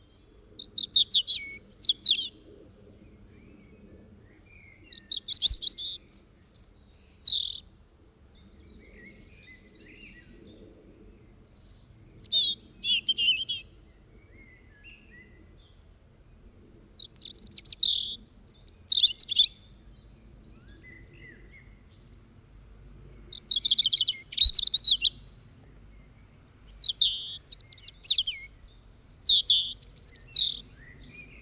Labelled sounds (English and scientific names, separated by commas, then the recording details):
European Robin (Erithacus rubecula) song
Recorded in the wild
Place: Wermelskirchen, Nordrhein-Westfalen, DE
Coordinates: 51.13, 7.25
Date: 1995-04-15
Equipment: Sony WM-D6C
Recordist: Skiba, Reinald
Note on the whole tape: Dhünn (am Eifgenbach)